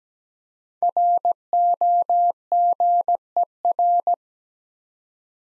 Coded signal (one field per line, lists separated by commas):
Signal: Morse code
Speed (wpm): 17 wpm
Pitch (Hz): 700 Hz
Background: none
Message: ROGER